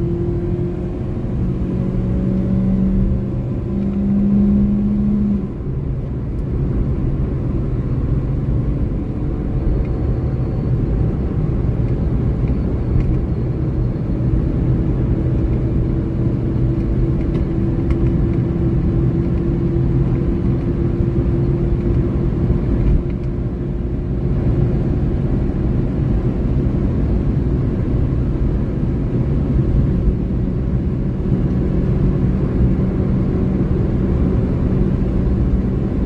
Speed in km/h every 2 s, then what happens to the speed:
93, 101, 106, 111, 114, 119, 123, 126, 129, 131, 134, 135, 138, 140, 141, 144, 144, 146.
0-36 speeds up to 146.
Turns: none.